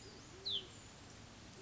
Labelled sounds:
Band-tailed Pigeon
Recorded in Sonoma County, California

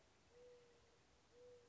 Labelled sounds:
Mourning Dove
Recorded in Sonoma County, California

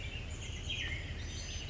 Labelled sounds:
Chestnut-backed Chickadee
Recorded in Sonoma County, California

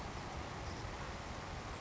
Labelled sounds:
Savannah Sparrow
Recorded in Sonoma County, California

